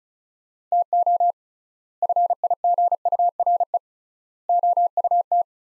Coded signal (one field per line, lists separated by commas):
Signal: Morse code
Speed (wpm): 36 wpm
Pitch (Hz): 700 Hz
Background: none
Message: TO FIGURE OUT